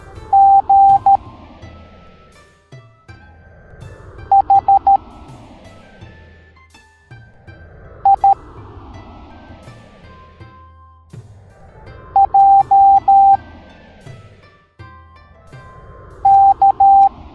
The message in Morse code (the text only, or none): G H I J K